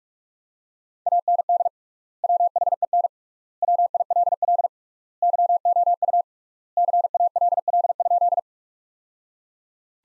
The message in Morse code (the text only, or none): AND WHEN WILL YOU CALL?